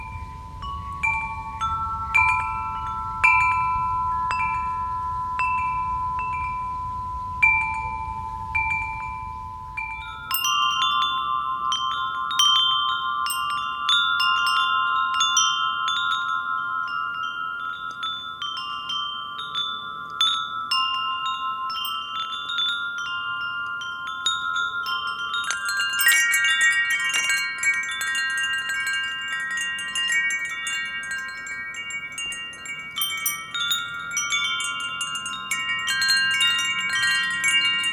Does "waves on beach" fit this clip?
no